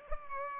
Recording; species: mosquito wingbeat signal from an infrared sensor; Culex pipiens